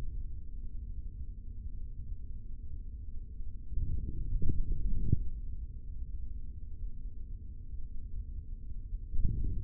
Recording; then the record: forearm muscle sounds (acoustic myography)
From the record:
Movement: forearm pronation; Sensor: system 3, bracelet of six PUI Audio POM-2738L microphones around the upper forearm, with dedicated amplification and filtering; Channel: 2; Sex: male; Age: 25 years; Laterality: right